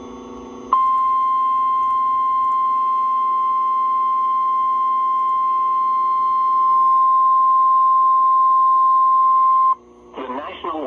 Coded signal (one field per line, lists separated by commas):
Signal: Emergency Alert System (SAME) tones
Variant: 1050 Hz attention tone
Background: speech